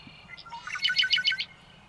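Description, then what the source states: Red-winged blackbird song: a few short introductory notes followed by a burst of rapid, buzzy trilled notes, over steady low background hiss. Subspecies Agelaius phoeniceus fortis; stereo recording.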